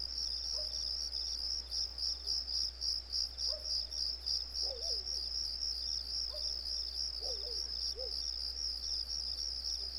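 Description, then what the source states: Cricket chirps in a fast, even, high-pitched pulsing rhythm throughout, over a constant low hum, with scattered soft mid-pitched calls in the background. Recorded on a residential street.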